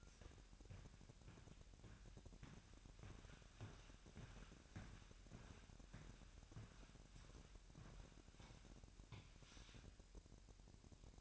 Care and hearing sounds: daily activity, microphone in the room; walk to room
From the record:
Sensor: 2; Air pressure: 1012.1 hPa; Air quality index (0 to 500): 157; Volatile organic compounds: 2 ppm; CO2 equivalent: 1134 ppm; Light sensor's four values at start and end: 83/198/81/79 and 82/194/80/78

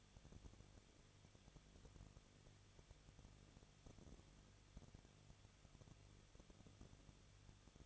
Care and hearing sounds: daily activity, microphone in the room; no activity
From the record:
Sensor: 4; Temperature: 23.0 degrees Celsius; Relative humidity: 34.6%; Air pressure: 1007.3 hPa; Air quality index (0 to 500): 217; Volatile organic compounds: 15 ppm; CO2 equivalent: 2516 ppm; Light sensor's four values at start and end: 2/3/1/1 and 2/3/1/1

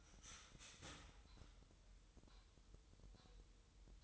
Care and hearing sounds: daily activity, microphone in the room; start toaster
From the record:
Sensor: 3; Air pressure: 988.6 hPa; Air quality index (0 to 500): 197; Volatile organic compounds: 323 ppm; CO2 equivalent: 4529 ppm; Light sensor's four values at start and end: 23/72/30/26 and 23/72/30/26

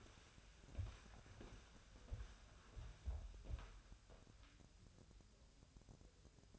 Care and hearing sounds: daily activity, microphone in the room; walk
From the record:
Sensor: 2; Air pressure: 1015.2 hPa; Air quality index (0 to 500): 112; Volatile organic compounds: 3 ppm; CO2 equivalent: 1428 ppm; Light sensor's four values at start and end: 14/38/15/17 and 12/32/13/14

